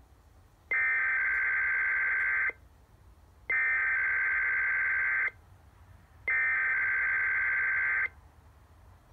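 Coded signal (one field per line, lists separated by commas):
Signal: Emergency Alert System (SAME) tones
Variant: header bursts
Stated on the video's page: Required weekly test on a radio network carried via a relay station.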